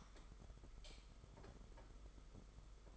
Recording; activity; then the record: daily activity, microphone in the room; light on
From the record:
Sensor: 5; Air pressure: 991.2 hPa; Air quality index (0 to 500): 107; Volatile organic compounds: 23 ppm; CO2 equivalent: 2791 ppm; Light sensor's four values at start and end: 18/43/17/19 and 19/48/19/21